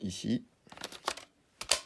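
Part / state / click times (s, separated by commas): battery pack into cordless drill-driver handle base / seated / 1.7 s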